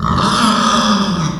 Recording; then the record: squeal of a Yucatan mini pig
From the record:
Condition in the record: after surgery on the right vocal fold (resection and tissue-engineered implant); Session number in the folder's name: 16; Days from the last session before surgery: 183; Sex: female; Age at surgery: 19 weeks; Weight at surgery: 25 kg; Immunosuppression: prednisolone